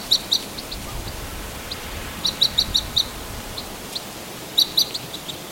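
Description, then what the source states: Red Crossbill giving clipped, metallic kip calls in short clusters of two to five, with a few fainter notes between and a light background hiss. Type E call type; flight calls.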